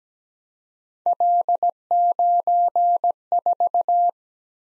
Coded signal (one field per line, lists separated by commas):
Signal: Morse code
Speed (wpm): 17 wpm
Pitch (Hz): 700 Hz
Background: none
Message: L94